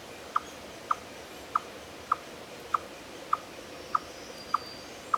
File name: Tamias striatus